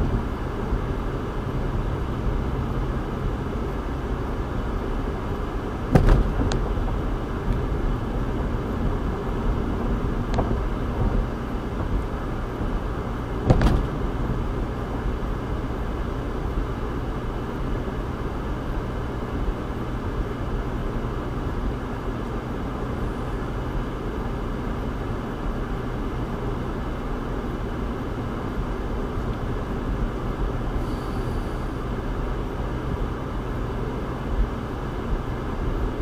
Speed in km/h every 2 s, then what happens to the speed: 84, 81, 81, 77, 76, 76, 76, 76, 76, 76, 76, 77, 77, 77, 77, 76, 76, 76.
0-8 slows to 76. 8-36 steady at about 76.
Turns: none.